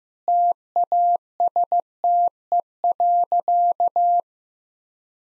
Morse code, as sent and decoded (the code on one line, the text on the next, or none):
- .- ... - . .-.-.-
TASTE.